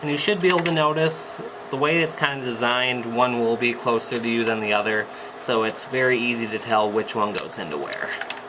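Two SAS cables from the drive backplane are handled near their connectors on the system board of an HP DL380 G6 server while someone talks. The cables are being positioned, but nothing has seated or clicked yet.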